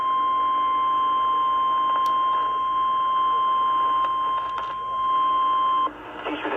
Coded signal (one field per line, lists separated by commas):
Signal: Emergency Alert System (SAME) tones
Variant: 853 and 960 Hz attention tone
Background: speech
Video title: Multiple days of a alerts EAS# 190-223 8/5/20-8/8/20